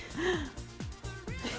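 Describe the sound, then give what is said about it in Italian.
A series of short, harsh coughs, three or four abrupt bursts spaced about a quarter second apart, following a brief voiced, whiny breath at the start. No one speaks. “Già la tosse.”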